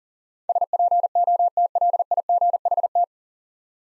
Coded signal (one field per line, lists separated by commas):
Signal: Morse code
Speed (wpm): 40 wpm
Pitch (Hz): 700 Hz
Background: none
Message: SPOTLIGHT